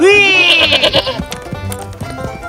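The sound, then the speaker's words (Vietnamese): A goat lets out one long, wavering bleat with a bright, quavering pitch that slowly trails off, followed by a jumble of softer background noise. “Chờ chút, mày là con dê ngốc nghếch.”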